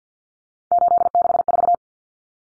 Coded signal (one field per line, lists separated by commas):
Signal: Morse code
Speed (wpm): 50 wpm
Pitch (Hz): 700 Hz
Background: none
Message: 864